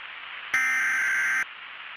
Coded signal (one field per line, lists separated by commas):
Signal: Emergency Alert System (SAME) tones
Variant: header bursts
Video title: An EAS scenario the object flags #2